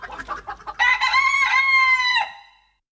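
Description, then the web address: Chicken clucking: a run of short soft clucks, then one long, drawn-out, harmonic-rich call that holds steady for over a second before dropping away. Hens "talking". "bruitage Animaux Les poules parlent"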